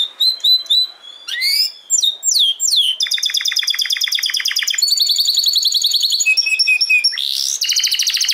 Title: Kenari Portugis